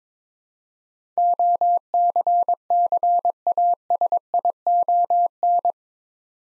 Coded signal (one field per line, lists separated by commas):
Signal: Morse code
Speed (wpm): 22 wpm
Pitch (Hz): 700 Hz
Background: none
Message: OCCASION